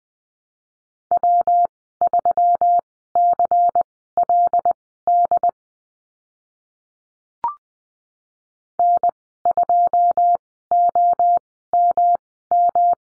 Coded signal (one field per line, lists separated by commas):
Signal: Morse code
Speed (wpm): 20 wpm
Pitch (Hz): 700 Hz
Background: none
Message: W3CLD N2OMM